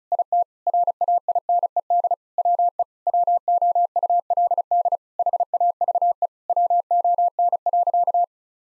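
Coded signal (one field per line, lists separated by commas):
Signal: Morse code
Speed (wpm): 36 wpm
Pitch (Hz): 700 Hz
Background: none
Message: IT RAINED WE WOULD HAVE WON.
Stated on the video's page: Morse practice at 35 wpm: sentences with common seven-word phrases, sent twice for head-copy training.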